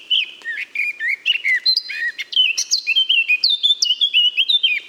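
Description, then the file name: Eurasian blackcap song: a quick, varied run of warbled and clear, fluty whistled notes throughout. "Sylvia atricapilla"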